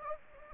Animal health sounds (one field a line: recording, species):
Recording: mosquito wingbeat signal from an infrared sensor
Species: Anopheles gambiae